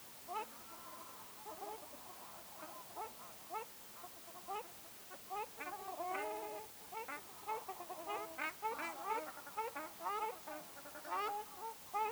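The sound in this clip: Ruddy shelduck calls, short nasal honks in bursts, quieter early and busier from midway, several birds overlapping.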